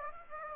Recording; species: mosquito wingbeat signal from an infrared sensor; Aedes aegypti